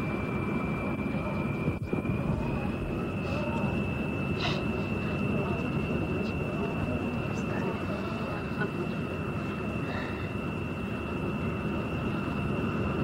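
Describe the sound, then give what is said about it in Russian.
A steady, unbroken roar of airplane engines droning inside the cabin during flight, with a thin high whine riding above the low rumble and a single faint click early on. “Просыпается в кресле самолета.”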